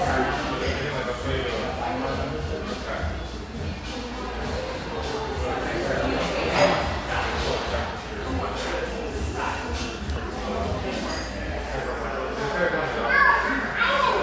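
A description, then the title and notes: A coffeehouse during a mid-morning lull fills with a steady murmur of overlapping voices, dense and continuous throughout. Brief clinks and scuffs pop up now and then, with a brighter clatter near six and a half seconds and again around thirteen seconds. The coffee rush fades to a mid-morning lull in this sunlight coffeehouse, tucked behind a bakery near this coastal California paradise.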